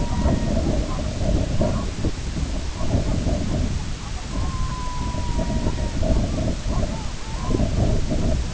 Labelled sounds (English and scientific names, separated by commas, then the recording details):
Red-throated Loon (Gavia stellata), unidentified sound, Long-tailed Duck (Clangula hyemalis)
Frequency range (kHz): Red-throated Loon (Gavia stellata) 0.7-2.3 kHz; Long-tailed Duck (Clangula hyemalis) 0.8-1.7 kHz
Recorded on Arctic tundra, site IGLO-B, on 21 June 2018
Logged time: 07:59